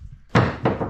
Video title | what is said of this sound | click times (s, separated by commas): NEW ANTHEM BEADLOCK INSTALL From FUNCTION POWERSPORTS | then you just pull it down until it clicks. | 0.7 s